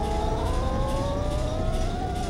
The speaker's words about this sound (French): Le Titanic avance. Dans la salle des machines, les moteurs fonctionnent à plein régime, ça rugit comme un animal sauvage.